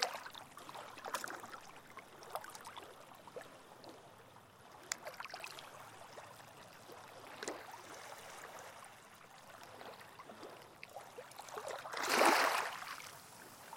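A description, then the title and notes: Gentle evening waves lap at a shoreline, a soft, uneven wash of small splashes and trickles that rises and falls without a fixed rhythm. A few brief sharper slaps stand out, and near the twelfth second a louder, fuller wave breaks before the water settles again. Gentle evening waves, Amarynthos. Late one evening I recorded this soundscape of gentle waves lapping onto the shoreline just outside Amarynthos Village on the island of Evia in Greece. Recorded by Colin Hunter.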